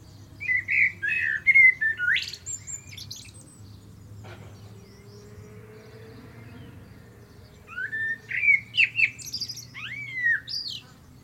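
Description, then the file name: Common blackbird song, a rich whistled phrase ending in scratchy high notes, then quiet for several seconds before a second fluty phrase with a squeaky finish. "Turdus merula"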